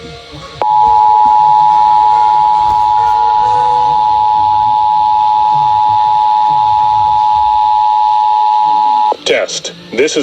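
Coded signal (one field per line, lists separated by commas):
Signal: Emergency Alert System (SAME) tones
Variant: 853 and 960 Hz attention tone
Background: speech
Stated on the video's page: Statewide required monthly test, relayed at different times.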